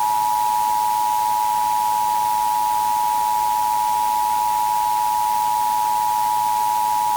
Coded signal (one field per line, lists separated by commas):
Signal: Emergency Alert System (SAME) tones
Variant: 853 and 960 Hz attention tone